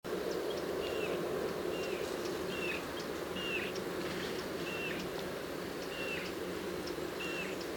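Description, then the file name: Eurasian bullfinch giving several soft, short piping notes at uneven intervals over a steady broad hiss of background noise. "Pyrrhula pyrrhula"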